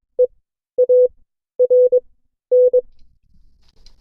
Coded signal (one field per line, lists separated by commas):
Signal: Morse code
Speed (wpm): 22 wpm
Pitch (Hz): 500 Hz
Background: none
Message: EARN